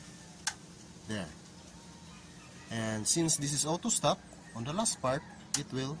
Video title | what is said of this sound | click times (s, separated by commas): Unboxing a Philippine made record player -- INFINITI STEREO PHONO TURNTABLE AC/DC | Just grab the head shell, then pull on your right side until you hear the click or tick sound. There. | 0.5 s